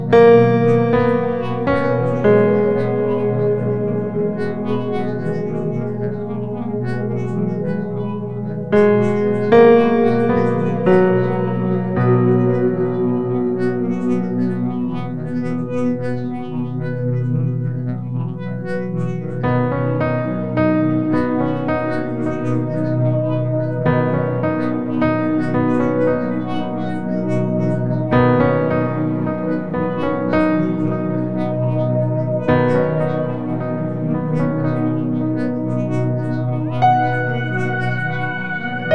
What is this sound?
Meditation Music With Rain Sounds